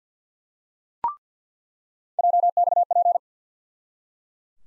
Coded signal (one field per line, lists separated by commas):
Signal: Morse code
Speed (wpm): 48 wpm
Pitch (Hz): 700 Hz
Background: none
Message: JXP